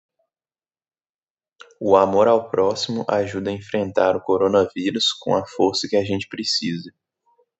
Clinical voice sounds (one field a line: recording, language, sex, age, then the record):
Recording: spoken sentence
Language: Brazilian Portuguese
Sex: male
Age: 20 to 29 years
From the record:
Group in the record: control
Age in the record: 24 years